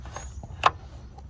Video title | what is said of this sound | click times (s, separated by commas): 🔴How to replace Mercedes Sprinter Coolant Tank & Sensor to fix message | okay it's locked into place | 0.7 s